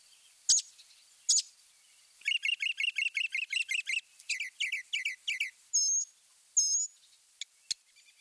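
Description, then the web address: Northern mockingbird song: two sharp high notes, then a long series of rapid repeated notes in two patterns, followed by two whistled notes and a few clicks. Northern mockingbird song showing mimicry, eastern and central North America. "Birding by Ear, Eastern and Central North America - Peterson Guides 2009 Mimics Northern Mockingbird"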